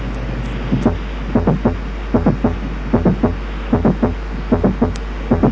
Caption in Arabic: ساعات الايجيكشن كليك بتكون متاخره، يعني بدل ما تكون بعد الفيرست ساوند مباشره تكون تقريبا في وسط السيستلي، وفي الحاله دي بيسموها ميد سيستوليك كليك. جاي في وسط السيستلي، عشان كده اسمه ميد سيستوليك كليك، وده بيتواجد في حالات البرولابس اوف دي ميترال فالف.